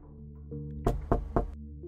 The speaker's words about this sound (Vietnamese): Vẫn không có tiếng trả lời, mà chỉ có ba tiếng gõ cửa vang vọng ra, nghe khô khốc ớn lạnh. Anh nhớ lại lời dặn trong làng rằng nửa đêm có ai gõ cửa thì đừng ra mở.